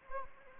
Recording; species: mosquito wingbeat signal from an infrared sensor; Anopheles arabiensis